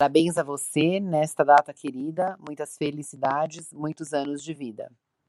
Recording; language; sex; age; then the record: short text; Brazilian Portuguese; female; 50 to 59 years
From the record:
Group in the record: control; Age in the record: 50 years